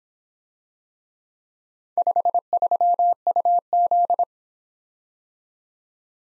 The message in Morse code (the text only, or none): 53UZ